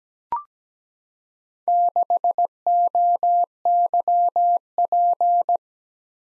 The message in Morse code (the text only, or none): 6OYP